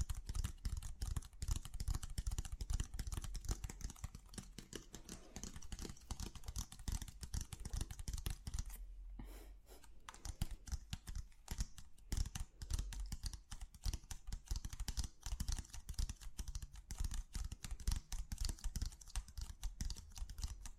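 Quick, uneven tapping on objects runs almost continuously, dense clicks with a low thumpy undertone, pausing briefly around nine seconds before resuming.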